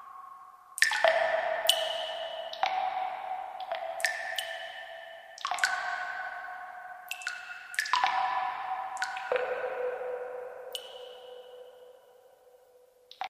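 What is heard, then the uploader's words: Water drops fall one after another, each a bright plinking ping that rings briefly and fades. They come irregularly, sometimes in quick pairs, for about thirteen seconds, with the ringing tones overlapping and a soft hum underneath before the last drop dies away. Ο ήχος σταγόνες νερού. Water Drop Sound Effect.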